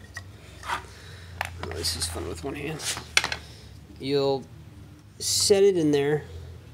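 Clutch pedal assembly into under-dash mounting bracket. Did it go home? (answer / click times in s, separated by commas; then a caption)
no / none. Someone talks while handling the clutch pedal assembly of a 2014 Ford Focus ST, setting its two hooks into the under-dash mounting bracket. Rubbing and scraping are heard, with a few sharp, short ticks. The clip ends before the assembly is pulled up, so nothing has seated or clicked yet.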